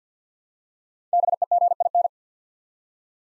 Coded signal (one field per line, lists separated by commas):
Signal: Morse code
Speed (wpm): 49 wpm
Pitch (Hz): 700 Hz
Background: none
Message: BEGIN